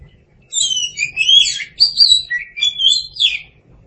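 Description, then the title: Oriental magpie-robin song: about three seconds of varied clear whistles, sliding up and down high in pitch, with a brief pause midway. "Suara Kicauan Burung Kacer Durasi Panjang"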